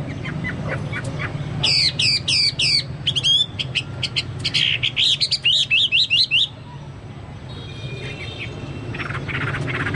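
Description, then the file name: Chinese hwamei song: a burst of fast rattling, buzzy notes and quick whistles lasting about five seconds, then quieter scratchy sounds and low hum. "hwamei-2-omkicau"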